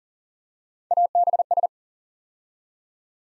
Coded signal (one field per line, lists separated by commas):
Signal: Morse code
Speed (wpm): 40 wpm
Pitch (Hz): 700 Hz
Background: none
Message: ABS